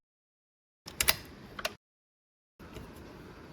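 The plastic intercooler hose on a BMW E87/E90 with the N47 engine is set back in position against its intercooler pipe fitting, giving short bursts of handling noise with sharp knocks near 1.0 s, 1.1 s and 1.6 s, then a silent gap and steady low noise from about 2.6 s. Nothing has seated or clicked yet; the quick coupling is not yet home.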